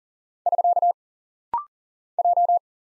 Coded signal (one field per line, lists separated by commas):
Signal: Morse code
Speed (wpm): 40 wpm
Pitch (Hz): 700 Hz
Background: none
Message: <SK> J